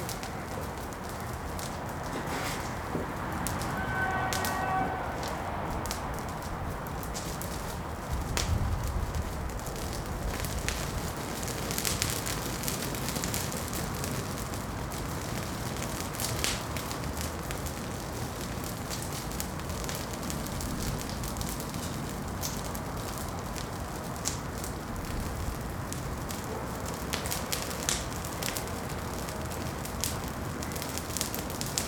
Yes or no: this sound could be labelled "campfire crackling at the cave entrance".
yes